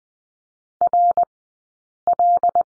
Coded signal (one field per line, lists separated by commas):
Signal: Morse code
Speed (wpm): 20 wpm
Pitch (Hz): 700 Hz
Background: none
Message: RL